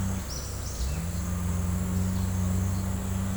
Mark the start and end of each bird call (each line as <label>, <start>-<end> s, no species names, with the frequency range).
bird call (3.6-6.7 kHz), 0.28-0.88 s